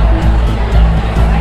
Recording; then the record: background sound without coughing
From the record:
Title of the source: Party Noise 1 Hour Party Ambience